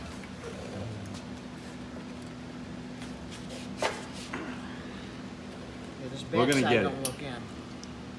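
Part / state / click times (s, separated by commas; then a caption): axle shaft C-clip into its groove in the differential / partly seated / 7.2 s, 7.8 s. An axle shaft is pushed into a differential with a locker so its steel C-clip drops into its groove, while someone talks over a low steady hum. Clicks are heard at 7.2 s and 7.8 s, but the C-clip is not fully home yet.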